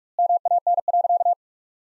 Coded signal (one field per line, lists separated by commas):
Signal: Morse code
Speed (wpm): 46 wpm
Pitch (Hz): 700 Hz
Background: none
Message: MAN.